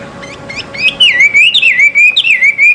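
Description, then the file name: Chinese hwamei song: a few short rising notes open into a fast, continuous warbling whistle that wavers up and down with quick loops. Recorded at a bird gathering. "audio-gathering-hwamei 1-omkicau"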